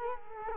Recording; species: mosquito wingbeat signal from an infrared sensor; Culex quinquefasciatus